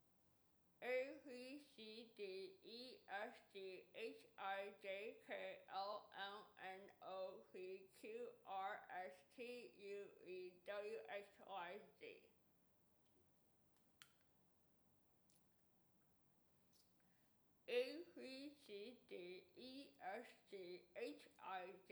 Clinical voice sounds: letters of the alphabet, spoken; constrained by a bite bar between the teeth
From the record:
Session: first day, right after the free take

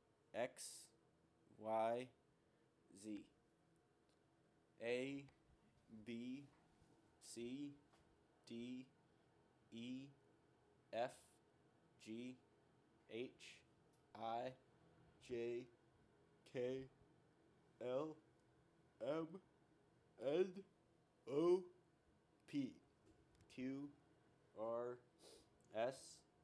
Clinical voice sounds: letters of the alphabet, spoken; free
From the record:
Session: seven days later

